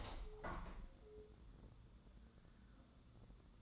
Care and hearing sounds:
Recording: daily activity, microphone in the room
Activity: open window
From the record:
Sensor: 3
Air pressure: 1014.9 hPa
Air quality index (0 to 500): 72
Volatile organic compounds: 2 ppm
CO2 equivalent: 977 ppm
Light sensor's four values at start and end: 9/22/9/9 and 10/23/10/9

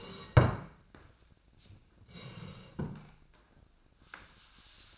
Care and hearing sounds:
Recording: daily activity, microphone in the room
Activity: sit down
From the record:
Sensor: 2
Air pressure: 1012.1 hPa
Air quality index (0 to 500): 158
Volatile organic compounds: 2 ppm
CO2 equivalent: 1158 ppm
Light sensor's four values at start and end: 36/89/39/44 and 64/161/70/87

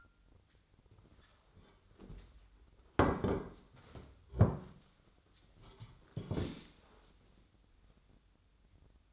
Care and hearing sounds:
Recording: daily activity, microphone in the room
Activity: sit down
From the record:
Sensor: 3

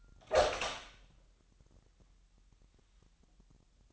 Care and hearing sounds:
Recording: daily activity, microphone in the room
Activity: open door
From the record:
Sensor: 3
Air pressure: 998.3 hPa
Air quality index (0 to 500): 142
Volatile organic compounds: 4 ppm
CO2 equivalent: 1702 ppm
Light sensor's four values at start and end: 16/45/18/17 and 16/45/18/17

